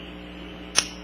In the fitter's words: there it is you guys hear that snap sound that one's in there